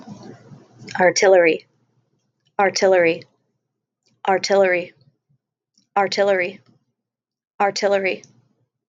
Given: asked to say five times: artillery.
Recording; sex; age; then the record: repeated word; female; 30 to 39 years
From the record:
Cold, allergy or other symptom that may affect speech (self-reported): no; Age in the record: 32 years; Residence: Ohio, United States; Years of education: 15